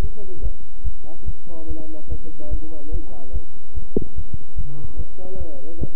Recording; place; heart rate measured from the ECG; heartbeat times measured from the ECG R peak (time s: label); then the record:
heart sounds by stethoscope; between the tricuspid and mitral areas; 145 bpm
0.02 s: heartbeat
0.43 s: heartbeat
0.84 s: heartbeat
1.26 s: heartbeat
1.68 s: heartbeat
2.10 s: heartbeat
2.51 s: heartbeat
2.92 s: heartbeat
3.33 s: heartbeat
3.75 s: heartbeat
4.16 s: heartbeat
4.56 s: heartbeat
4.97 s: heartbeat
5.38 s: heartbeat
5.79 s: heartbeat
From the record:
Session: bicycle stress test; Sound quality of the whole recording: good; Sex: male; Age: 23 years